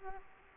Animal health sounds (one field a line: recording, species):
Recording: mosquito wingbeat signal from an infrared sensor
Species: Culex quinquefasciatus